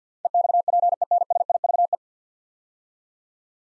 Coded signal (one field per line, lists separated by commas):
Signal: Morse code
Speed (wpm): 53 wpm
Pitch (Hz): 700 Hz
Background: none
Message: EXPENSIVE